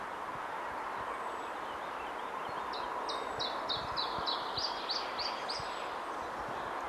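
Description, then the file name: Iberian chiffchaff song, a series of about nine short, bright downslurred notes delivered at an even pace, set against a constant broad rushing background noise. "iberischer zilpzalp"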